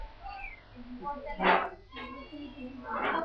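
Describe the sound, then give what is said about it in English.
A voice imitates a lion's roar with two short, harsh growling bursts about a second and a half apart, with quieter talking murmuring between them. “What's the sound of the lion?”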